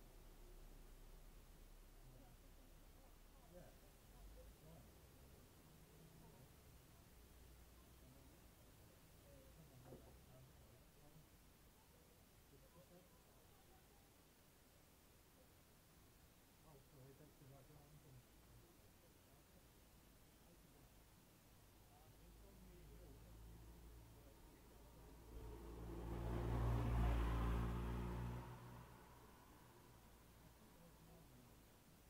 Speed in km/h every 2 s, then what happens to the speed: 0, 0, 0, 0, 0, 0, 0, 0, 0, 0, 0, 0, 0, 0, 0, 0.
0-32 standing.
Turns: none.